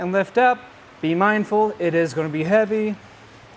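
A man talks while a heavy Kuat Piston Pro hitch bike rack for 4 bikes on a 2023 Toyota Highlander is being lifted from its tilted position back up toward the seated upright position. Only speech is heard, and nothing has seated or clicked yet; the tilt latch has not engaged.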